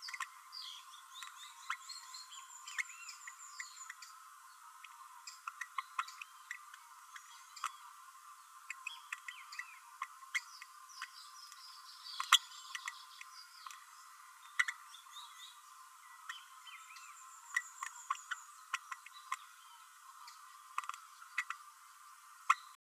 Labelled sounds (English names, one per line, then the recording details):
Green-rumped Parrotlet babbling
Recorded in a nest box in Venezuela
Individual 18B12A3